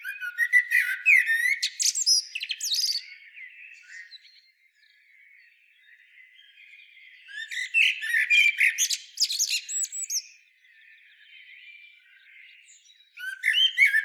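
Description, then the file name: Common blackbird twittering in three bursts of high squeaky notes, clicks and whistled slides, with faint warbling between them. "Turdus merula"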